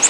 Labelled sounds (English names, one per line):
Orange-crowned Warbler flight call